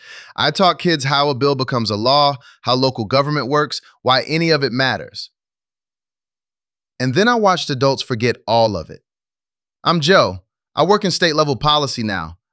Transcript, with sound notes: I taught kids how a bill becomes a law, how local government works, why any of it matters. [pause] And then I watched adults forget all of it. I'm Joe. I work in state-level policy now,